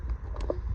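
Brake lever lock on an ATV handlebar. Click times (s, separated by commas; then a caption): 0.5 s. The handlebar brake lever on a Kayo Predator 125 ATV is squeezed one-handed and its parking-lock catch engaged, giving a short series of small clicks around 0.1, 0.4 and 0.4 seconds. A sharper click follows at 0.5 s as the lock seats, over a steady low rumble, and the brake is confirmed locked.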